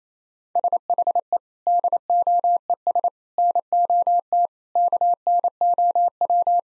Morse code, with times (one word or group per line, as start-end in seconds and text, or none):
0.6-1.4 SHE
1.7-3.1 DOES
3.4-4.5 NOT
4.8-6.6 KNOW